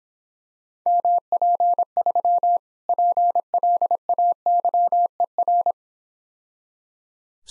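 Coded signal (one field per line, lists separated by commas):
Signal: Morse code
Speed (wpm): 26 wpm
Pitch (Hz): 700 Hz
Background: none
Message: MP3 PLAYER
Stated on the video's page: Morse practice drill of difficult words at 20 wpm, speed-racing format with contextual hints.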